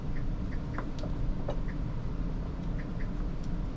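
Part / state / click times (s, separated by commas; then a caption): screw in a DVD changer chassis / stripped / 0.8 s, 1.0 s, 1.5 s. While a JVC DVD disk changer is being scrapped, a thicker screwdriver is used to turn out a stubborn screw in its chassis, and the bit slips. Short scraping ticks sound at 0.8, 1.0 and 1.5 seconds over a steady low background rumble. The screw head is stripped.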